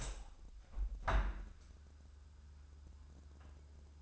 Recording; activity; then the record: daily activity, microphone in the room; open window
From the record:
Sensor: 2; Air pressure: 1014.7 hPa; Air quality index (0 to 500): 75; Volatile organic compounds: 2 ppm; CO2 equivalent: 985 ppm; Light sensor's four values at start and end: 8/19/8/8 and 8/20/8/8